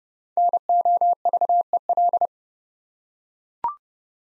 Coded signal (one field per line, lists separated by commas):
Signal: Morse code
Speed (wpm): 30 wpm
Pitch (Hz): 700 Hz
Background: none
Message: NOVEL